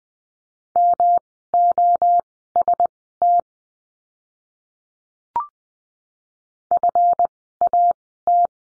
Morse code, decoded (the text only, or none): MOST FAT